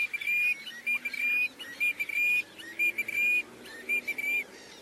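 Bird giving a series of brief whistles against a steady noisy hiss.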